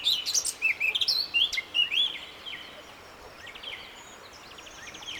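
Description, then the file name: Eurasian blackcap song: a quick, scratchy warbled phrase of varied high notes over about two seconds, followed by faint, softer twittering against steady background hiss. "Sylvia atricapilla"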